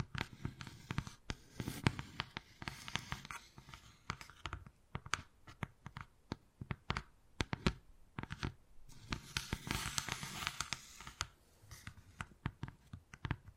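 Wood carving with sharp taps and scraping strokes, irregular and fairly dense across the whole stretch. Crisp clicks punctuate brighter, rasping scratches that swell around two seconds and again near ten seconds, with a low rumble underneath.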